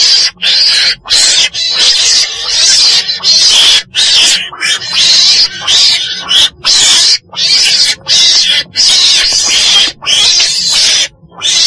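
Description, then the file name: Weasel calling with rapid, rasping screeches in uneven bursts broken by brief silent gaps throughout. Black weasel (chồn đen) calling. "tieng chon den keu"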